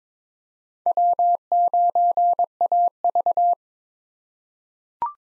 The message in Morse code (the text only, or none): W9AV